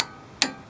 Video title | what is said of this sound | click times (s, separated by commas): How to Change a Wheel Bearing short and fast version YouTube | so i set the 46 can you tighten until it clicks just like that | 0.4 s